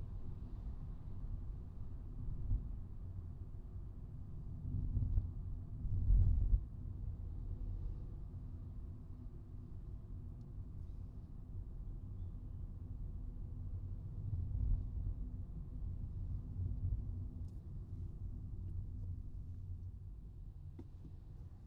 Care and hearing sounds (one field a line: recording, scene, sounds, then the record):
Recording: everyday scene through a hearing-aid microphone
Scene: in a vehicle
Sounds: engine, traffic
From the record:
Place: Skoda Fabia, gasoline engine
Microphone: in the ear canal, right